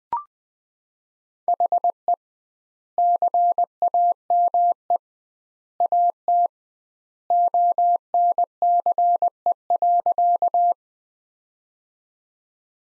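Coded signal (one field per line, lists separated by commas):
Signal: Morse code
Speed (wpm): 21 wpm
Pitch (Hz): 700 Hz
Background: none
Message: HE CAME AT ONCE.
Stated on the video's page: Practice sentences from the top 300 words sent at 20 wpm with twice standard word spacing, a Farnsworth-like copying drill.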